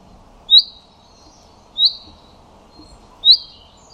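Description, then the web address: Common chaffinch calling a bright 'pink' note three times, about every one and a half seconds. "Deverinetal 2025"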